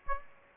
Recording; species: mosquito wingbeat signal from an infrared sensor; Aedes aegypti